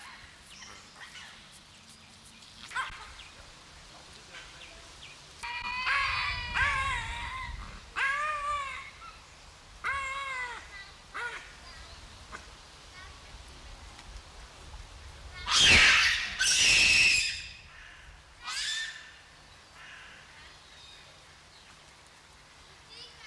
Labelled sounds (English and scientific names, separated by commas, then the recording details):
Hamadryas Baboon (Papio hamadryas)
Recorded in captivity
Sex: diverse
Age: diverse
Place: Zoo Augsburg, Bayern, DE
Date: 1993-09-04 12:18
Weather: 14 °C, bedeckt
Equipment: Marantz CP 430, Sennheiser MKH 416 T, Kopie Uher Variocord 263
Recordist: Tembrock, Günter